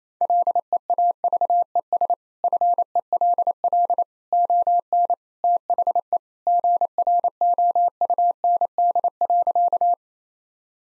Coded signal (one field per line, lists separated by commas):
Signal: Morse code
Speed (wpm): 28 wpm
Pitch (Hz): 700 Hz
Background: none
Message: LEAVES FELL ON THE GROUND.